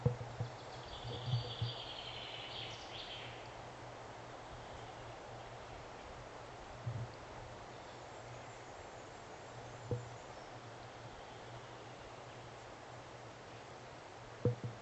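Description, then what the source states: Allen's Hummingbird uttering a short, high, buzzy chattering burst at the outset, then long stretches of low hum broken by occasional sharp clicks. Anxiety calls, recorded 4 July 2009.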